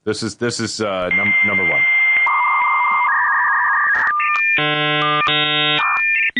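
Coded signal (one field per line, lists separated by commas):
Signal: dial-up modem handshake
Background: speech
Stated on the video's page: Old dial-up modem handshake sounds, played so listeners can identify modem speeds.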